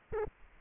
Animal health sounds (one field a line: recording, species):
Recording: mosquito wingbeat signal from an infrared sensor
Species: Anopheles arabiensis